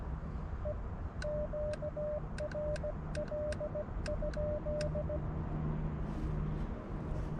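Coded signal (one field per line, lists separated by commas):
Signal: Morse code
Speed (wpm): 16 wpm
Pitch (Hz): 600 Hz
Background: none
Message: E QRL?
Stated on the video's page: CW Parks on the Air activation using an Elecraft KX2.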